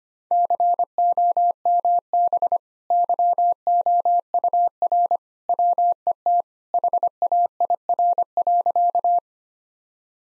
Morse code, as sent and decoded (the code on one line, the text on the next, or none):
-.-. --- -- -... / -.-- --- ..- .-. / .-- . - / .... .- .. .-. .-.-.-
COMB YOUR WET HAIR.